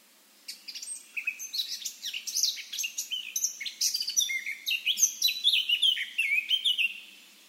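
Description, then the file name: Eurasian blackcap song: a lively warble of mixed chirps and clear whistled notes. "Sylvia atricapilla"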